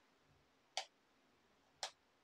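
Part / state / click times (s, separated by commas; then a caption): protective phone case clipping onto a smartphone / seated / 0.8 s, 1.8 s. A clear plastic protective case is pressed onto a smartphone and clips in at the corners, giving two sharp snap clicks at 0.8 s and 1.8 s over a quiet background. The case is seated, all snapped in place.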